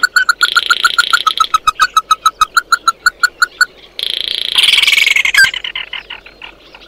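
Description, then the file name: Bird calls: rapid repeated short ringing notes mixed with a buzzy rasp, then a pause and a harsher, falling buzzy burst. "Tieng chim mat do"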